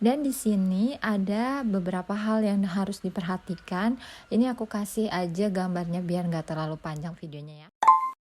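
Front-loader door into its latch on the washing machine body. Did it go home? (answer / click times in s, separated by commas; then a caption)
yes / 7.8 s. Someone talks for most of the clip, then the door of an Electrolux EWF7555EQWA 7.5 kg front-loading washing machine is pushed closed into its latch on the machine body. One sharp click is heard at 7.8 s as the door latches shut.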